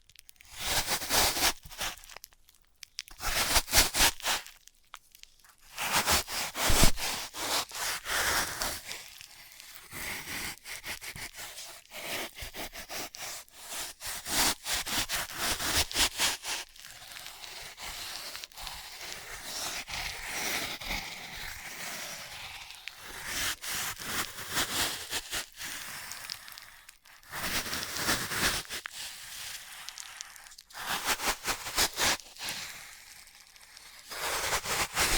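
Floral foam being handled: bursts of dry crunching and crumbling alternate with softer, steadier scratchy rubbing. Loud crackly bursts come near the start, around 5–7 seconds, and again near 27 and 31 seconds, with short quiet gaps between handling.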